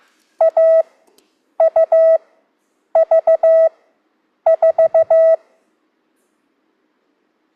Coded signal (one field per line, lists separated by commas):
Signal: Morse code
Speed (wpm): 15 wpm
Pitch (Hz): 650 Hz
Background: none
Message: A U V 4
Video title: CW Classes for ASOC with TARRL Session - 2 (Introduction to AUV4)